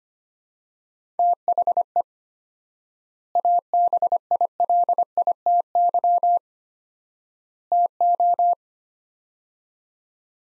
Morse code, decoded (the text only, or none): THE ABILITY TO